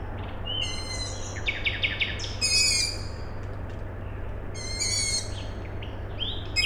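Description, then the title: Owl chicks give several squeaky harmonic calls, with runs of short notes between them, over a low steady hum. Owl chicks calling at night, Tuesday 21 May 2019, Siemianowice Śląskie, Poland; industrial plant in background; recorded with Zoom H5 and Audio-Technica BP4025. "Siemianowice Śląskie, Polska - Owl chicks"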